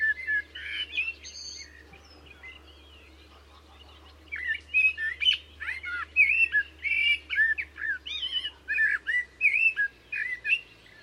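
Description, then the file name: Common blackbird giving warbled, fluty notes, a brief phrase at first, then after a pause a longer run of quick whistled and twittering notes. "Turdus merula"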